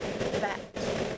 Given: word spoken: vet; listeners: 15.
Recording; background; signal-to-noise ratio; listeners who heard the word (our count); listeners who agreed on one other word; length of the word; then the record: one English word in noise, from a listening test; noise modulated by three-talker babble; -5.4 dB; 4 of 15; 9 of 15; 0.78 s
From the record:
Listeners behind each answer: 9, 4, 1, 1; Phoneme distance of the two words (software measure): 10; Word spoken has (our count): 1 syllable, 3 phonemes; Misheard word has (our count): 1 syllable, 3 phonemes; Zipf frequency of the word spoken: 4.19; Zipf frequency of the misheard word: 4.80